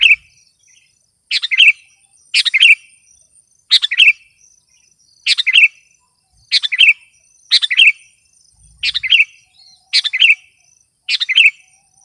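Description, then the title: Sooty-headed bulbul delivering a lively series of short bubbly chirping phrases, about one per second, over a faint high insect whine. "kutilang"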